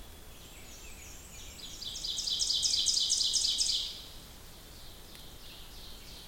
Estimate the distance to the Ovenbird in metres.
about 30 m